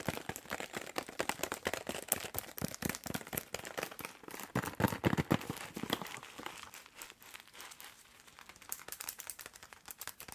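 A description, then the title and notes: Long fingernails tap and scratch in a dense, irregular run of crisp clicks and rasping strokes. The busiest, loudest stretch comes in the first six seconds, peaking around five seconds; after that the tapping thins out and grows quieter, with sparser ticks. Tapping and Scratching with LONG NAILS.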